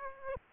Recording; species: mosquito wingbeat signal from an infrared sensor; Aedes aegypti